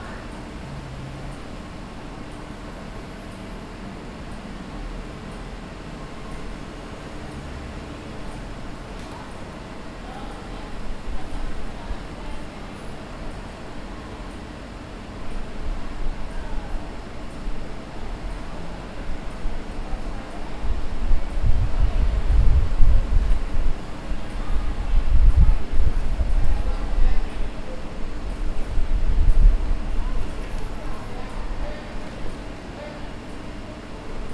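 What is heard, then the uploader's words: Steady low rumble of traffic and machinery at the lower entrance of Charlotte Douglas International Airport, with faint voices mixed in. The rumble swells after about fifteen seconds, with heavy low surges of passing vehicles around twenty-two, twenty-six and twenty-nine seconds. Charlotte Douglas International Airport Lower Entrance. Featuring the hum of idling buses, people getting picked up and dropped off, and passersby.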